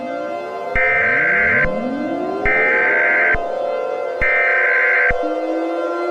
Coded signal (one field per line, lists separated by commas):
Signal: Emergency Alert System (SAME) tones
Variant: header bursts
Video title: When the World Suddenly Starts Sinking: An EAS Scenario